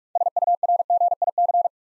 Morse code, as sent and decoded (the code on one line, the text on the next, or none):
... ..- .-. --. .. -.-.
SURGIC